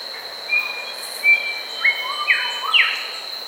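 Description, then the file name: Grey Whistler whistles: a few thin level notes followed by sharp downslurred whistles and lower rising notes, with a constant high insect hum behind. Recorded in Papua New Guinea. "Pach Simp"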